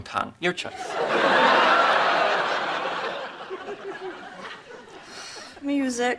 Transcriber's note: soundbite of laughter